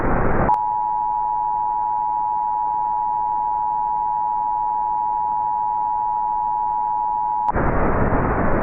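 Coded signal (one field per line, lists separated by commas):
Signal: Emergency Alert System (SAME) tones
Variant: 853 and 960 Hz attention tone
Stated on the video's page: Fictional EAS scenario, a made-up alert.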